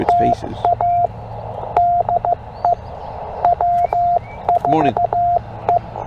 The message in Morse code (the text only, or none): TA DE W4E